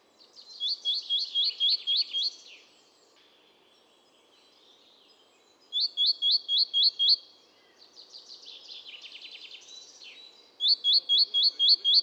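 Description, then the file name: Great tit song: bright phrases repeated quickly in three runs of several notes, separated by pauses with softer twittering between. "Parus major"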